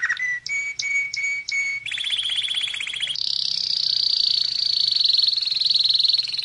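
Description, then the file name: Canary song: a few evenly repeated clear notes, then a rapid rolling trill, then a long, very fast high-pitched trill that runs to the end. "Canary Voice"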